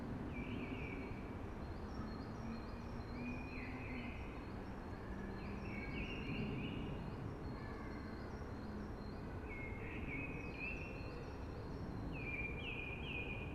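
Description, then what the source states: Eurasian blackbird singing a busy run of rich fluted phrases with high squeaky tails, coming every second or two above a soft, steady hushing roar. Singing early, amongst hushing conifers.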